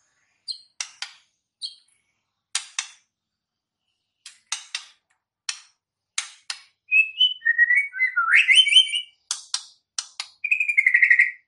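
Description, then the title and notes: White-rumped shama song: sparse dry clicking notes, then a burst of rich whistled and rising phrases ending in a quick chattering trill. Murai batu song played as a lure for bird trapping (pikat). "MB Pikat Jitu.. Suara Mantap. murai batu"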